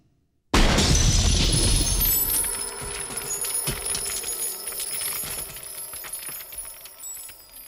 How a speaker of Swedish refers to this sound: Och vad gör Arnold då? Då tar han fram sin pistol och skjuter ett skott så den går i 1000 bitar.